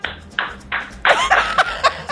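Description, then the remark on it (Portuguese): A handful of sharp hand claps in a steady, moderate rhythm, the later ones followed by a bright ringing, ping-like tone that hangs briefly. No voices. “Palmas pra essa cagada que você tá fazendo.”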